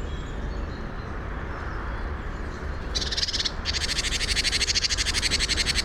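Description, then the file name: Great tit giving harsh, rapid rattling churrs, one short burst then a longer one, over a loud low rumble. "Parus major"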